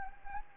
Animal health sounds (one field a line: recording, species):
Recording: mosquito wingbeat signal from an infrared sensor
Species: Anopheles arabiensis